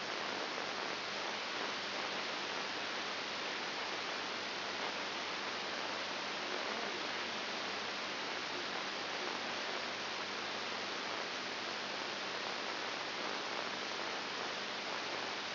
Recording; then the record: brain microelectrode recording played as sound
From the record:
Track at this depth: inside the subthalamic nucleus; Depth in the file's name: 6.501 mm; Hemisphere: left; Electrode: 2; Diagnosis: Parkinson's disease